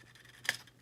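During transformation of a plastic Transformers Siege Ultra Magnus action figure, the body section is slid forward with a faint scraping rub. It clicks into its locked position with a sharp click at 0.5 s, and the body is seated.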